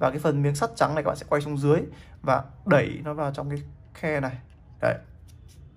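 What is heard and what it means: A watch band connector for an Apple Watch Series 4 is turned with its raised side up and white metal plate down, then pushed into the watch's band slot while someone talks throughout. The band has not seated or clicked yet by the end of the clip.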